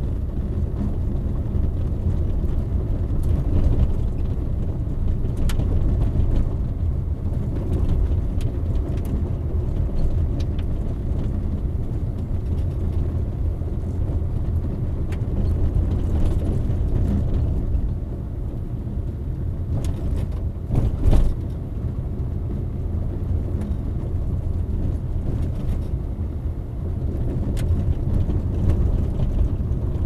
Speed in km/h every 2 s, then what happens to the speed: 28, 29, 30, 31, 31, 32, 32, 32, 31, 31, 30, 31, 31, 32, 30.
0-30 steady at about 31.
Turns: none.